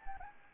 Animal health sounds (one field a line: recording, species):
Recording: mosquito wingbeat signal from an infrared sensor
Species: Anopheles arabiensis